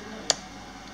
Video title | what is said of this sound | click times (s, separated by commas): Unboxing & Review Lenovo e10 (Indonesia) | baterainya pastikan terkunci | 0.3 s